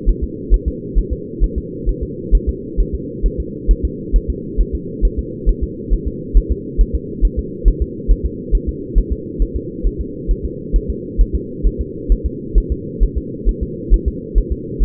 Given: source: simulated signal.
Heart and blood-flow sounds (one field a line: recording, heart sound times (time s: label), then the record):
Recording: fetal heart sounds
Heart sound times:
0.09 s: S1
0.24 s: S2
0.54 s: S1
0.68 s: S2
0.98 s: S1
1.13 s: S2
1.44 s: S1
1.58 s: S2
1.89 s: S1
2.03 s: S2
2.35 s: S1
2.49 s: S2
2.80 s: S1
2.94 s: S2
3.26 s: S1
3.40 s: S2
3.71 s: S1
3.85 s: S2
4.16 s: S1
4.30 s: S2
4.61 s: S1
4.75 s: S2
5.05 s: S1
5.19 s: S2
5.49 s: S1
5.63 s: S2
5.93 s: S1
6.08 s: S2
6.37 s: S1
6.52 s: S2
6.81 s: S1
6.95 s: S2
7.25 s: S1
7.39 s: S2
7.68 s: S1
7.82 s: S2
8.11 s: S1
8.26 s: S2
8.55 s: S1
8.69 s: S2
8.98 s: S1
9.12 s: S2
9.42 s: S1
9.56 s: S2
9.87 s: S1
10.01 s: S2
10.31 s: S1
10.45 s: S2
10.76 s: S1
10.90 s: S2
11.21 s: S1
11.35 s: S2
11.67 s: S1
11.81 s: S2
12.12 s: S1
12.26 s: S2
12.58 s: S1
12.72 s: S2
13.03 s: S1
13.17 s: S2
13.49 s: S1
13.63 s: S2
13.94 s: S1
14.08 s: S2
14.38 s: S1
14.52 s: S2
14.82 s: S1
From the record:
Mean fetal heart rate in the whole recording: 135 bpm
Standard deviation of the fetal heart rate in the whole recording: 3 bpm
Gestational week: 36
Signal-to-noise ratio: -4.1 dB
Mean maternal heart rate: no maternal heart sound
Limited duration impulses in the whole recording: absent